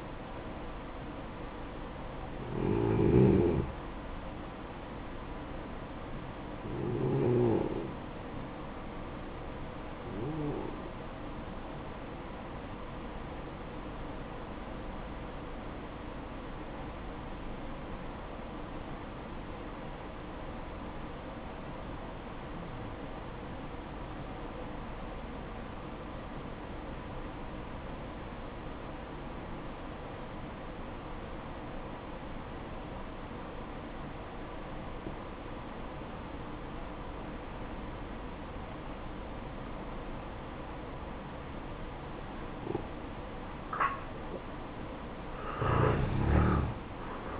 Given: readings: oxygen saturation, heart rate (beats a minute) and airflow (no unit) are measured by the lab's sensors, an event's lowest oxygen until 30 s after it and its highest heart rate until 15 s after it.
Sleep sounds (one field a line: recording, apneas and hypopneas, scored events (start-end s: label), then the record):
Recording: breathing in sleep by a voice recorder at the bedside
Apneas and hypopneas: 1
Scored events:
17.00-42.00 s: obstructive apnea (N1, oxygen 97% highest, then 92% lowest, heart rate 62 at the start, 65 highest)
32.00-47.40 s: new sleep stage, N2 (light sleep)
From the record:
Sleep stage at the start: N1 (lightest sleep)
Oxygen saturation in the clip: 88 to 97%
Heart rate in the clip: 54 to 64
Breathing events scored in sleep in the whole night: 573 in 9.8 hours asleep